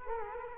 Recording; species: mosquito wingbeat signal from an infrared sensor; Culex quinquefasciatus